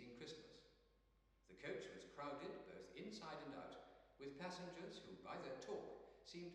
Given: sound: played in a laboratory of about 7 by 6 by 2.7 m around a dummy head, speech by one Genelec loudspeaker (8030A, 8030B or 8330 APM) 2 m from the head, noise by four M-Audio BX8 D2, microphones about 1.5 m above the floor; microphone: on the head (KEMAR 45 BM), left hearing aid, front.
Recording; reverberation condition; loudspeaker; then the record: male speech in English; high; 30 degrees to the left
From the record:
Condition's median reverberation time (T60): about 1300 ms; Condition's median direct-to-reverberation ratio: about -4.0 dB